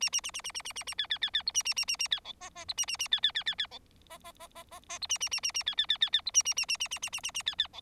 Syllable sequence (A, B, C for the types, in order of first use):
A A A A A A A A A B B B B C A A A A A B D E E C A A A B B B B B D E E E E E E C A A A A A B B B B B C A A A A A A A A A A B B D